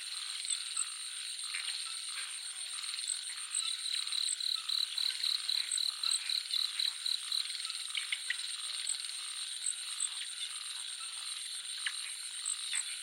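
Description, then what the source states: Frog calling in a quick run of short high pulses through the middle, set against a constant shrill buzz of crickets and other insects. Jungle nature soundscape, frogs calling together with crickets.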